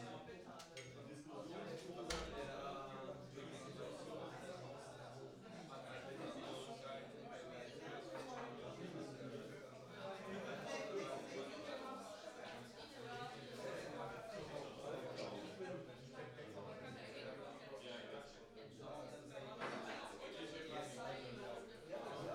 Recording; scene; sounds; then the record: everyday scene through a hearing-aid microphone; many people talking; many voices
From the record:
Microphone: in the ear canal, right